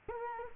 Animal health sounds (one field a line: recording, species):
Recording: mosquito wingbeat signal from an infrared sensor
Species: Culex quinquefasciatus